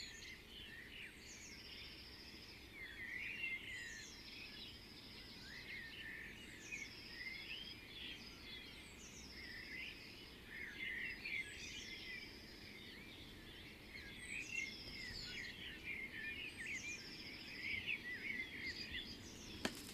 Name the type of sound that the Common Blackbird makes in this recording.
song